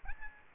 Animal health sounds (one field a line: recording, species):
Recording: mosquito wingbeat signal from an infrared sensor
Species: Aedes albopictus